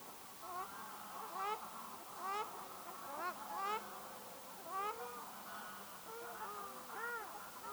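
Ruddy shelduck calls, scattered nasal honks rising and falling over a steady background hiss, a few softer honks near the end.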